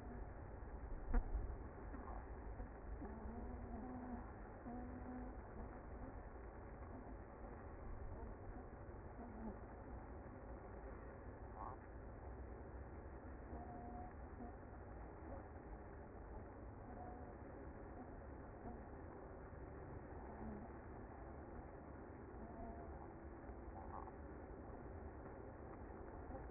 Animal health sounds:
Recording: honeybee colony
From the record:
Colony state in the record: active

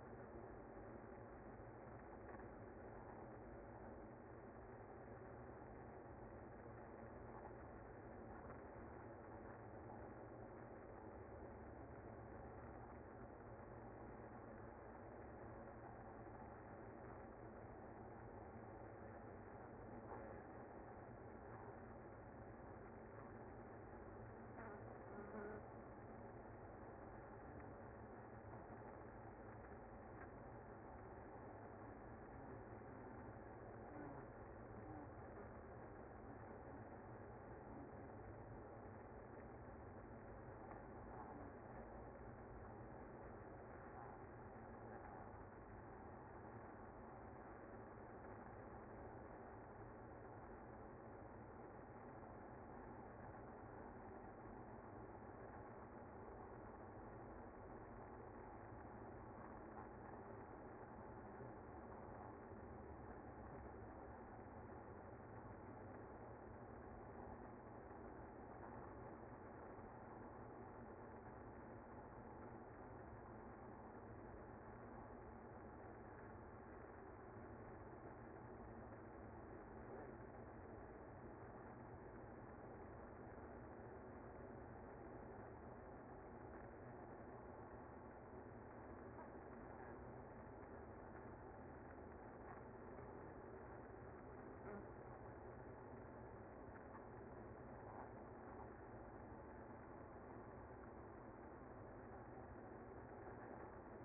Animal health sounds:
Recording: honeybee colony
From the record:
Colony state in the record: active

